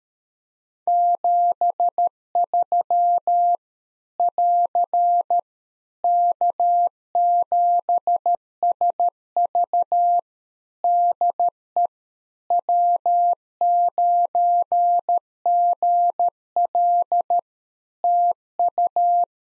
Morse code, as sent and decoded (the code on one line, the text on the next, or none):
--... ...-- / .-.-. / -.- --... ... ...- / -.. . / .-- ----. --. .-.. / - ..-
73 <AR> K7SV DE W9GL TU